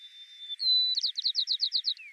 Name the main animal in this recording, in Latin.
Zonotrichia leucophrys